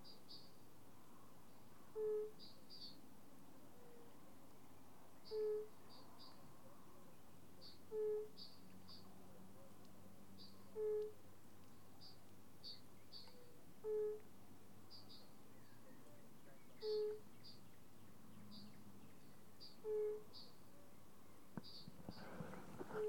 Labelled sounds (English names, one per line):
Fire-Bellied Toad call